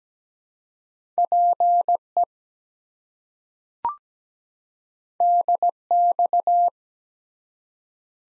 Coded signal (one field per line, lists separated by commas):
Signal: Morse code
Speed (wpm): 17 wpm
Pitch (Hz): 700 Hz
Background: none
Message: PE DX